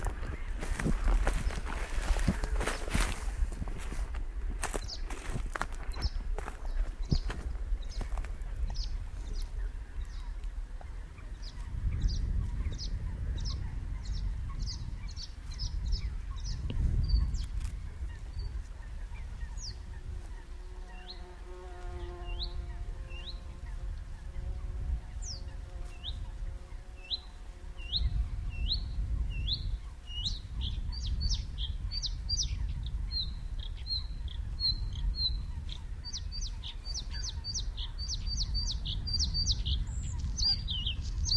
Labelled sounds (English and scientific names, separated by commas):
Bluethroat (Luscinia svecica) song